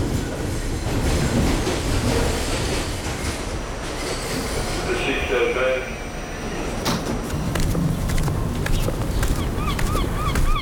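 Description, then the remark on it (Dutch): Steady rumble of a New York subway car in motion on the way to Brooklyn, with rattling wheels, metallic clatter and a few high wavering squeals of wheels toward the end, while muffled voices murmur underneath. “Ik zit in een metro naar Brooklyn om heel bijzondere stadsgenoten te gaan opzoeken.”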